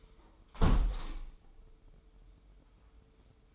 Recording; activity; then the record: daily activity, microphone in the room; close window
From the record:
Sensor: 1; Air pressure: 995.8 hPa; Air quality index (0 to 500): 46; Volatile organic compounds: 1 ppm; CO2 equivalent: 826 ppm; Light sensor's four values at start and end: 30/105/40/42 and 30/104/40/41